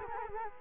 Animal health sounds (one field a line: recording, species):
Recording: mosquito wingbeat signal from an infrared sensor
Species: Culex quinquefasciatus